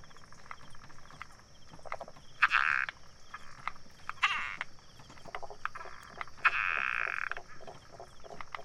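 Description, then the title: Frog calls: sharp clicking pulses and a few loud rasping bursts, set against a steady high-pitched insect drone. Frogs recorded in Taiwan between 2006 and 2009 on a walk from pond to pond; the island has 32 frog species. "Grenouilles de Taiwan"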